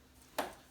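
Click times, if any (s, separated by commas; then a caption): 0.4 s. A plastic bezel trim on a Sharp LC-58Q737OU TV is pressed onto the chassis during a black screen backlight repair. A single sharp snap is heard at 0.4 s and fades quickly, and the bezel is seated in place.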